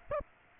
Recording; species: mosquito wingbeat signal from an infrared sensor; Aedes aegypti